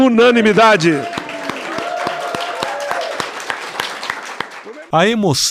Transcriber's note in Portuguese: Palmas